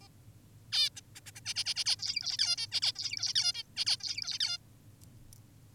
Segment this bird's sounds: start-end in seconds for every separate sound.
0.02-0.08, 0.72-0.90, 0.96-1.01, 1.15-1.20, 1.26-1.32, 1.36-1.41, 1.46-1.54, 1.56-1.64, 1.66-1.74, 1.76-1.84, 1.86-1.96, 1.99-2.37, 2.39-2.56, 2.58-2.67, 2.72-2.81, 2.82-2.92, 2.96-3.34, 3.35-3.53, 3.54-3.63, 3.76-3.85, 3.86-3.97, 4.00-4.39, 4.40-4.58